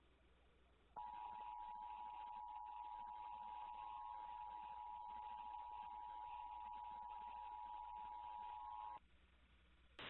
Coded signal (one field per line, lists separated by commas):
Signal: Emergency Alert System (SAME) tones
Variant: 853 and 960 Hz attention tone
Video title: EAS Scenario #1 - COVID-X